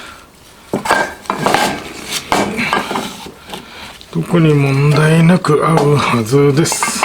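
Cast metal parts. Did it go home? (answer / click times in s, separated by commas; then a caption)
no / none. Freshly machined cast aluminium crankcase halves for a 125cc four-cylinder, 16-valve engine are handled as one half is fitted toward the locating dowel pin of the mating half, with sharp metallic knocks and clatter around 1.3 s and 2.3 s and lighter taps after. Someone talks through the latter half of the clip. Nothing has seated or clicked yet.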